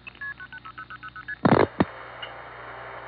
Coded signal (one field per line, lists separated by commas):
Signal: multi-frequency trunk signalling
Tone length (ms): 70 ms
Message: 0000ST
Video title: Warwick and the 914 Area of NY, pgm. 5: More Warwick Phreaking (1975-76)